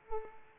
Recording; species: mosquito wingbeat signal from an infrared sensor; Culex pipiens